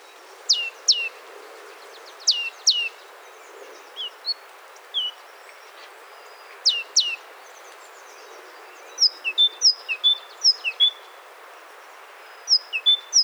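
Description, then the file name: Great tit calls: sharp high chips and scattered downslurred notes, ending in quicker repeated two-note phrases, with a soft hiss in the background. "Parus major"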